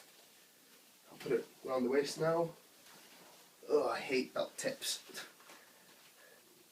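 Someone talks while wrapping a leather Real Scottish Wrestling Entertainment Future Division Championship Belt around the waist and fumbling with the belt tips to line up the snap fasteners on its ends. Soft handling rustles are heard between the speech. The snaps have not clicked together yet.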